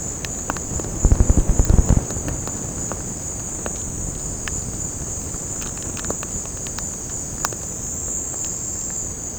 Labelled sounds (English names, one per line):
none